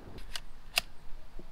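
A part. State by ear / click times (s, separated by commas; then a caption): seated / 0.4 s, 0.8 s. A Fujifilm X-T3 camera with its quick-release plate attached is put back onto the mounting clamp of a Weebill Lab gimbal. Two sharp snaps ring out, at 0.4 s and a louder one at 0.8 s, as the plate seats in the clamp.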